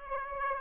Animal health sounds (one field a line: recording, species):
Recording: mosquito wingbeat signal from an infrared sensor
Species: Aedes aegypti